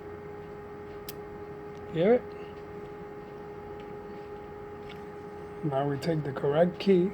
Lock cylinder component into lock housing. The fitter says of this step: you always got to hold this together are you going to hear lock into place yes